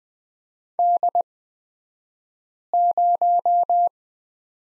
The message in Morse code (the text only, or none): D0